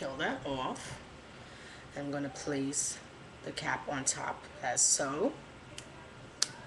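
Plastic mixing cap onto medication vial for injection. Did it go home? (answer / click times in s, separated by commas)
yes / 6.4 s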